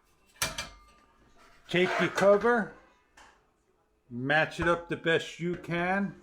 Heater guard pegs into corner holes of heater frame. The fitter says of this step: once they lock into place